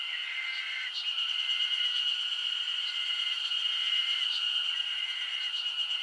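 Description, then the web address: High insect drone with repeated short trilling phrases and a few faint chirps, the chorus steady throughout. Japanese summer insect ambience. "Sound Effects-Foundation 1 AMBIENCE JAPANESE SUMMER INSECTS 01"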